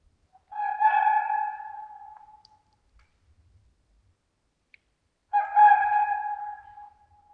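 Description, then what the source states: Red fox giving two drawn-out, harsh wailing calls with a steady mid pitch, each lasting about two seconds and separated by a few seconds of near silence. Red fox active at night along hiking trails in winter in northern Michigan.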